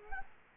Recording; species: mosquito wingbeat signal from an infrared sensor; Culex quinquefasciatus